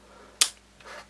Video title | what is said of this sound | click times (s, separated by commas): Retevis RT85 & RA685 First Look | yeah and need nice positive click once that's attached | 0.4 s